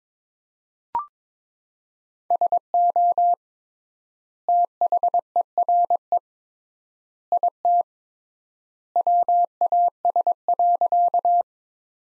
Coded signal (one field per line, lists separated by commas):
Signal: Morse code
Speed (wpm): 22 wpm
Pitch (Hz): 700 Hz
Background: none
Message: SO THERE IT WAS.